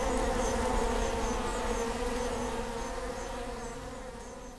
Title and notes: Prinzessinnengarten II, Hermannstraße, Berlin, Deutschland - bee hive. bee hive at Prinzessinnengarten (Sony PCM D50, Primo EM172)